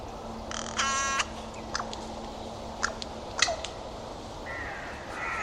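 Bird gives one harsh, nasal note lasting under half a second, followed by scattered clicks and ticks, over a faint low hum.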